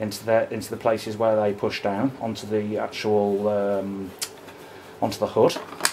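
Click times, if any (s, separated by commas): none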